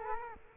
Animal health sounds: mosquito wingbeat signal from an infrared sensor; Culex quinquefasciatus

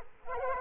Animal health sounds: mosquito wingbeat signal from an infrared sensor; Culex quinquefasciatus

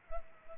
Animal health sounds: mosquito wingbeat signal from an infrared sensor; Culex pipiens

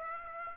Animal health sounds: mosquito wingbeat signal from an infrared sensor; Aedes aegypti

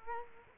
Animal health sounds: mosquito wingbeat signal from an infrared sensor; Culex quinquefasciatus

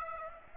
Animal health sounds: mosquito wingbeat signal from an infrared sensor; Aedes aegypti

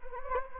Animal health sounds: mosquito wingbeat signal from an infrared sensor; Anopheles gambiae

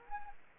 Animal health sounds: mosquito wingbeat signal from an infrared sensor; Anopheles arabiensis

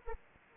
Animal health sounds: mosquito wingbeat signal from an infrared sensor; Anopheles arabiensis

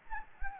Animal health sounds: mosquito wingbeat signal from an infrared sensor; Anopheles gambiae

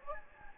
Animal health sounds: mosquito wingbeat signal from an infrared sensor; Anopheles gambiae

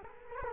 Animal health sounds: mosquito wingbeat signal from an infrared sensor; Culex quinquefasciatus

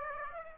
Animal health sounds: mosquito wingbeat signal from an infrared sensor; Aedes aegypti

